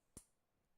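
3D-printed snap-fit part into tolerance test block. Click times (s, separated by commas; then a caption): 0.2 s. A 3D-printed zero-clearance plastic snap-fit part is pressed into its mating piece in a tolerance test block. A single sharp click is heard at 0.2 s, with a bright high-frequency snap followed by quiet. The part seats, snapping into place on the zero-clearance slot.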